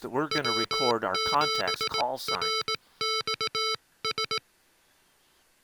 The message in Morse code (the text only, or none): W7RXS